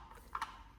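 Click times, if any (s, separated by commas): 0.4 s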